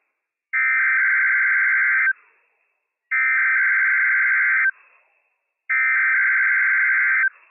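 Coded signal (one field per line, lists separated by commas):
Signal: Emergency Alert System (SAME) tones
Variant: header bursts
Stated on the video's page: Required weekly test from the NWS in Pendleton, Oregon, carried by a NOAA weather radio station, using operational EAS tones.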